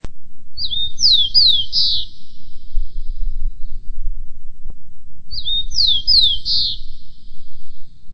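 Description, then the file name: Rufous-collared sparrow singing a short phrase of slurred, descending whistles ending in a buzzy trill, given twice about five seconds apart over low rumble. "chincol"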